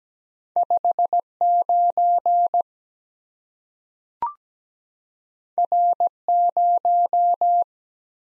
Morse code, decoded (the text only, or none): 5 9 R 0